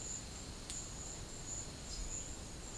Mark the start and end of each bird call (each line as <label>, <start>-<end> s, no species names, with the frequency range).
bird call (3.2-7.1 kHz), 1.85-2.04 s